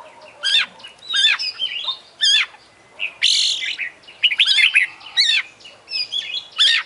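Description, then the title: Oriental magpie-robin song: varied loud whistles, rising and falling slurred notes and harsh chattery phrases in quick bursts. Champion singing bird, singing vigorously (gacor); master recording for song training. "Kacer Juara Gacor"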